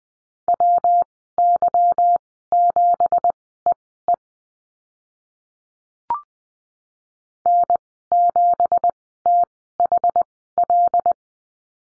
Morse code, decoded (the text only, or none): WY7EE N7THL